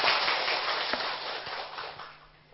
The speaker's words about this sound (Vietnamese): Xin đại chúng cho một tràng pháo tay thật lớn để cung nghinh Đại Đức.